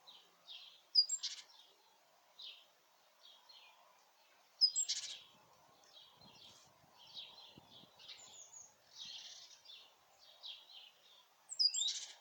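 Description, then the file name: Great tit calling with varied high chirps and sharp notes in scattered bursts, a few of them louder. "Parus major"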